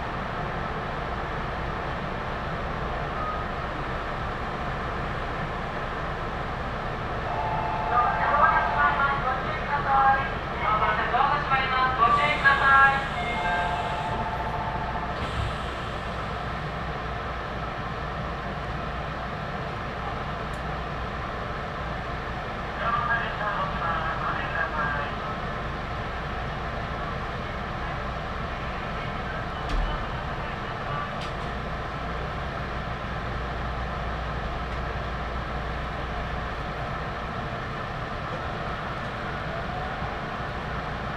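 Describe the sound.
Steady low rumble inside a local train, with a brief rising motor whine and chatter around 8–14 seconds and again near 23 seconds.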